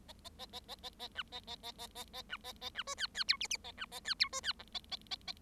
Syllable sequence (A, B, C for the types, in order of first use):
A A A A A A A B A A A A A A B A A B C D D E F F A B A D E C D G A A A A